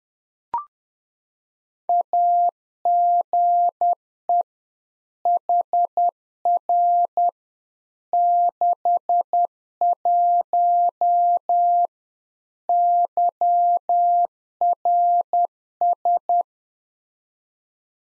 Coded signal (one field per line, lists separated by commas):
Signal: Morse code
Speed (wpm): 10 wpm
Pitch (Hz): 700 Hz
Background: none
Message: AGE HR 61 YRS